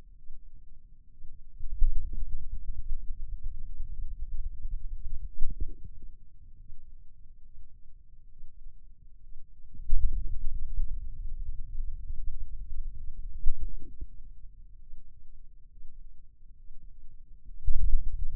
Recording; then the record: forearm muscle sounds (acoustic myography)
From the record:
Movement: ulnar deviation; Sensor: system 2, bracelet of six BSWA MPA416 microphones around the upper forearm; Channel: 5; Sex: male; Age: 22 years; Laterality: right